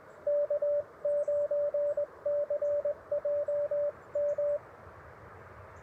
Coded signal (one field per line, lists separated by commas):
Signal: Morse code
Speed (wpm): 21 wpm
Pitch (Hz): 590 Hz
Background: radio noise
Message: K9CJM